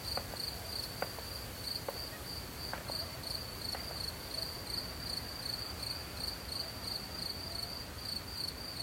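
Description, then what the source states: Cricket calling steadily at a high pitch, with a few sharp clicks scattered through. In nature, with soft wind.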